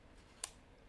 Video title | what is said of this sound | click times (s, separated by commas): Canon DSLR - Connecting Lens, Handling and Other Basics | until it clicks. All right. Now that lens is in place. | 0.4 s